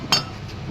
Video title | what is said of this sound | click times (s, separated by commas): Paano ikabit ang caliper kit? Meron Lock Ring #tipsandtutorial #diy | Oh, nag-lock na. Hindi na matanggal. | 0.1 s